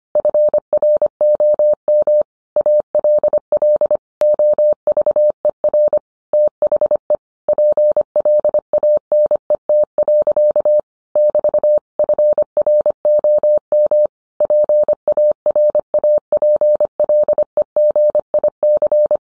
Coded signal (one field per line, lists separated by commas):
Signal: Morse code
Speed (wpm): 25 wpm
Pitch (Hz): 600 Hz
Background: none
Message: FROM ALL OVER THE PLANET. <BT>FROM PARAPLEGIC